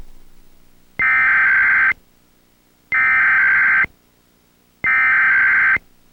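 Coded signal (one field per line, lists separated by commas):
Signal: Emergency Alert System (SAME) tones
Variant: header bursts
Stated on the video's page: EAS monthly test taken from a 2005 VHS recording.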